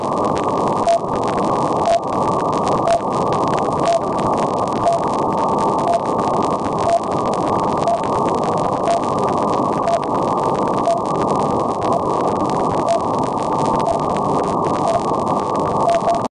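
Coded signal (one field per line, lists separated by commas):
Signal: radio time signal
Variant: RWM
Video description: Here is RWM Russia coming in great to Upstate, NY on the evening of April 18, 2011. 9996Khz runs 5kW and they also run time stations on 4996Khz and 14996Khz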